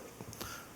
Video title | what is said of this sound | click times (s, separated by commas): How To Install Bearings In A Shimano Calcutta 201B | You just push it till you hear the click. | 0.3 s